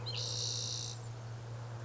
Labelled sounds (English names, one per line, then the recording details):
Spotted Towhee
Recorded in Sonoma County, California